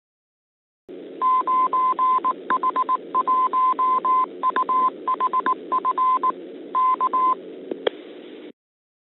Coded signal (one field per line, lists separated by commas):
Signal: Morse code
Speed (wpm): 18 wpm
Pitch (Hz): 1030 Hz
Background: none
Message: 9H1UHF K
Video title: 02. 9H-HAM GlobalNet - Main topic - 9H1UHF-R repeater [25 Feb 2021]